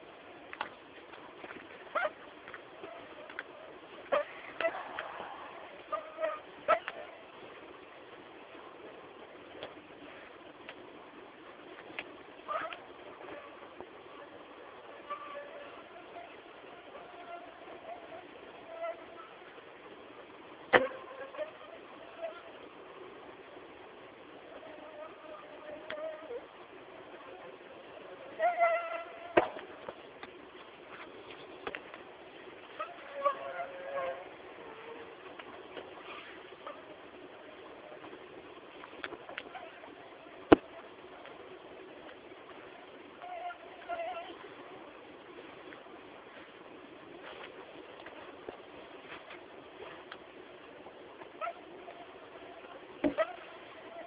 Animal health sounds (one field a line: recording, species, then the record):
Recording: mosquito flight sound by mobile phone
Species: Anopheles arabiensis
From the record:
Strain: Dongola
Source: CDC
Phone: Samsung T209